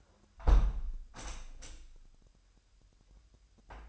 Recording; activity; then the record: daily activity, microphone in the room; close window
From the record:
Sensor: 2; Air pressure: 998.0 hPa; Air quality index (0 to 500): 142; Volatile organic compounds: 4 ppm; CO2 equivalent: 1606 ppm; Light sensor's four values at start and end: 10/30/12/11 and 10/30/12/11